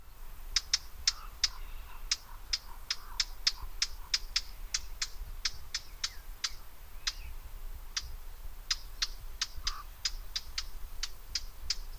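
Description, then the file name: Eurasian blackcap calling with sharp, dry tac notes, repeated rapidly and sometimes doubled, with a faint low hum throughout. "Sylvia atricapilla"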